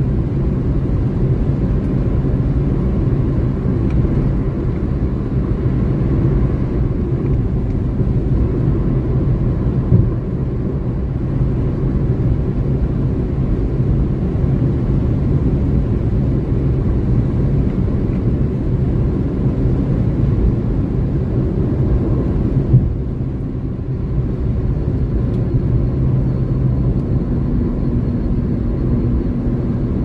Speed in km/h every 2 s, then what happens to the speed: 157, 157, 155, 157, 156, 156, 156, 156, 156, 156, 155, 145, 136, 137, 137.
0-19 steady at about 156. 19-24 brakes to 136. 24-30 steady at about 137.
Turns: none.